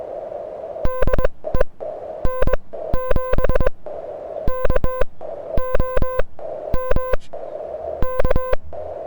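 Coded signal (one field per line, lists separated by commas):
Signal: Morse code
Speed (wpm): 22 wpm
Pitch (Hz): 1020 Hz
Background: none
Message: DE N7KOM K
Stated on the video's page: Beginner CW SOTA activation on 40 m and 30 m with an HF antenna on the summit, under bad QSB.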